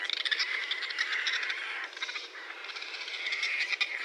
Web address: sounds mammals Raccoon 2012 01 30 Raccoon